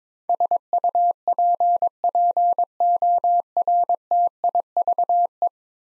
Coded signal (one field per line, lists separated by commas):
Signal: Morse code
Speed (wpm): 22 wpm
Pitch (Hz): 700 Hz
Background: none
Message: SUPPORTIVE